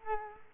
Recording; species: mosquito wingbeat signal from an infrared sensor; Culex quinquefasciatus